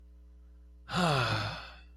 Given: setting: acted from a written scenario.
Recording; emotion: vocal sound without words; relief